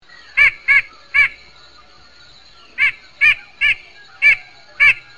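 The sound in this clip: White-breasted nuthatch nasal calls: eight short honking notes, three in a quick burst, a pause of over a second, then five more spaced about half a second apart.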